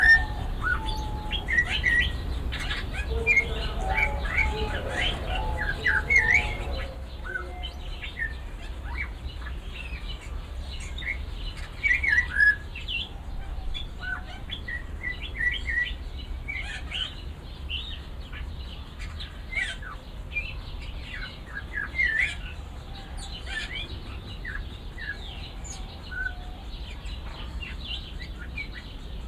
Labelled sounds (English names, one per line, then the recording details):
Snowy-crowned Robin-Chat
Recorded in captivity
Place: Zoo Berlin, Berlin, DE
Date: 1992-08-01 10:59
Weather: sonnig, 22-26°C
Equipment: Marantz CP 430, Sennheiser ME 80, Kopie Tesla B 116
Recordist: Tembrock, Günter
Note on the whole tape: Gesang, Abstand ca. 10 m